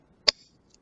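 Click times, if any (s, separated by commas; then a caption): 0.3 s. A steel ball container part is squeezed and pushed onto the frame of a plastic robot kit. It snaps into place with one sharp, bright click at 0.3 s, followed by a much fainter tick at 0.7 s. The container is fully seated.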